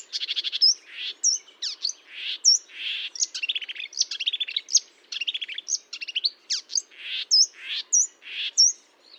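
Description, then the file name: Marsh warbler song, loud and varied, mixing harsh buzzy notes with clear slurred whistles in a quick, unbroken flow. Recorded at Fontaine-Française (Fourneau), France, on 1 June 2022 at 10:55, using a Nagra recorder with a Telinga parabolic microphone. "Rousserolle verderolle 20220601 1055 Fontaine-Francaise-Fourneau-Nagra-Telinga"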